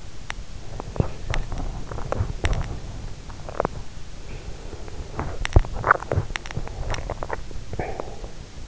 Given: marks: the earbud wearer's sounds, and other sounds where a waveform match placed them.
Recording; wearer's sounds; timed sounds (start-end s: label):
sounds in sleep by an in-ear microphone; teeth grinding, breath, swallowing
0.00-4.09 s: teeth grinding
4.09-5.19 s: breath
5.19-6.46 s: teeth grinding
6.56-7.60 s: swallowing
7.60-8.47 s: breath